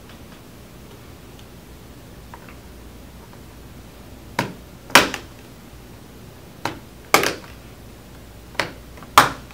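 A metal spudger is pushed into the seam along the edge of the plastic keyboard bezel on an HP Chromebook G4 EE base and pried upward to release its retaining clips. A soft tap as the tool goes in precedes each of three sharp clicks at 5.0, 7.1 and 9.2 seconds. Each click is a clip popping loose, releasing the bezel.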